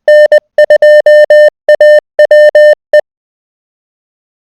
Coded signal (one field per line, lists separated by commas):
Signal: Morse code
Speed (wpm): 20 wpm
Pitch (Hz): 600 Hz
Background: music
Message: N2AWE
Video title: Learn Morse Code on the go! Free, easy to use... no excuses to NOT learn CW!